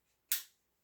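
A steel barrel band on an 1861 Springfield rifle musket is pushed back along the wooden stock until its band spring catches. One sharp, loud snap sounds at 0.3 s and fades quickly, with quiet before and after. The band is seated and locked in place.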